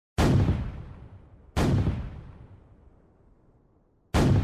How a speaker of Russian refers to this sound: Продолжались выстрелы турецкой артиллерии.